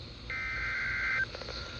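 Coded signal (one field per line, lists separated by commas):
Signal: Emergency Alert System (SAME) tones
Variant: header bursts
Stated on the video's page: Severe Thunderstorm Warning received from NOAA Weather Radio station.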